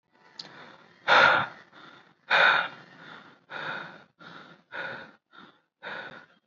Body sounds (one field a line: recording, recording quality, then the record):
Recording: deep breathing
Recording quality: excellent, no background noise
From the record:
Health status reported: recovered from COVID-19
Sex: male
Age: 24 years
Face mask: not worn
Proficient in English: yes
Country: India